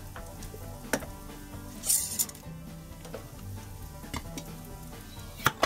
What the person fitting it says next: Did you hear it pop? That's a good seal.